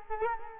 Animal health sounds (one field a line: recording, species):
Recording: mosquito wingbeat signal from an infrared sensor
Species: Culex quinquefasciatus